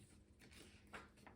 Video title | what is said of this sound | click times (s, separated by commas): Smart RBG LED Wall Light Kit | it's snap so these snap into place when you snap them | 0.9 s, 1.3 s